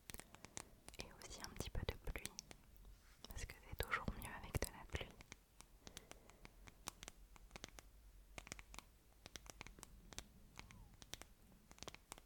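Crisp tapping and soft brushing. Sharp taps arrive irregularly throughout, with a denser, louder spell of scratchy rustling in the first five seconds, then sparser, lighter taps over a hushed background.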